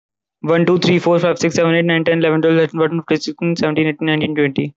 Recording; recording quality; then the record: counting at a fast pace; excellent, no background noise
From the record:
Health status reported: healthy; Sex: male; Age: 19 years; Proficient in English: yes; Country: India